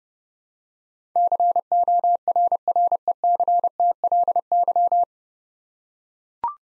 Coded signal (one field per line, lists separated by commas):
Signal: Morse code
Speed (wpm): 30 wpm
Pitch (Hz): 700 Hz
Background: none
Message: CORRECTLY